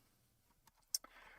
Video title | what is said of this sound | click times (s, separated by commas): SwishPOP Live!: The Late Night Stream - GIJoe & Transformers! Mail Call! - #21 | Snapped in. Look at that. That gun snapped right in there. | 1.0 s